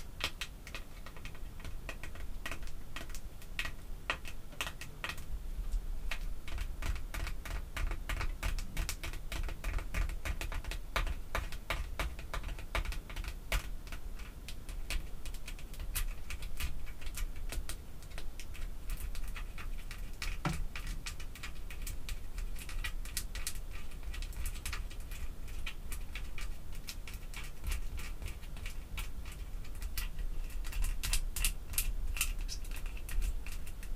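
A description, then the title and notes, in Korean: Artificial fingernails tap rapidly on perfume bottles and lids, a dense stream of sharp, bright clicks that runs the whole time in quick, uneven bursts. The tapping thickens around the end. A steady low hum sits underneath. 인조손톱 태핑. 향수, 뚜껑 등.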